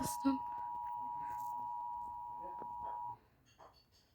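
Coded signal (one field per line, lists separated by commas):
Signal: Emergency Alert System (SAME) tones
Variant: 853 and 960 Hz attention tone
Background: speech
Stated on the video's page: Tsunami warning EAS alert received on TV.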